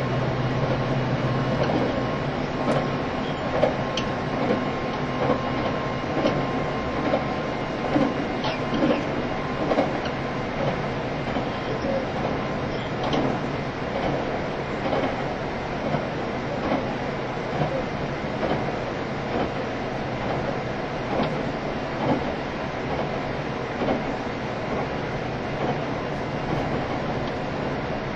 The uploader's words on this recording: E351系 Sあずさ18号. 松本～新宿. 速達運用だった＂スーパーあずさ18号＂の列車走行音(静止画)です。 Train running sound.